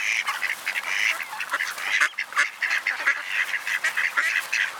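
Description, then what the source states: Ducks chattering together: a dense stream of quick nasal calls from several birds, continuous with frequent louder bursts. Recorded at a pond (mlaka), Borov gozdiček.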